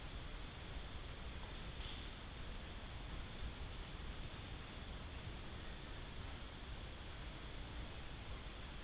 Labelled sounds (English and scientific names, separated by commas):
none